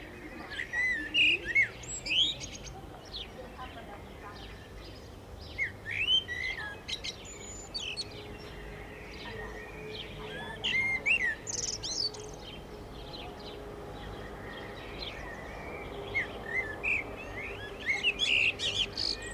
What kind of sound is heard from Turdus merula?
song